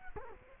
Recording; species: mosquito wingbeat signal from an infrared sensor; Culex quinquefasciatus